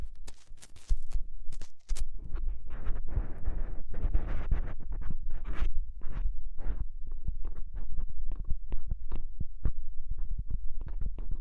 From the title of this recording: Extremely Tingly Ear Exploration